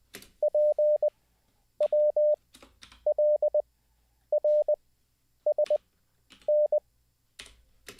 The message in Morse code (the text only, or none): PWLRSN